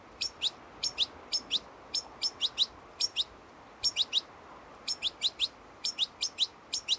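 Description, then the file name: European goldfinch giving clipped, high double notes in short clusters of two to four, separated by brief pauses, over a soft steady hiss. "Carduelis carduelis"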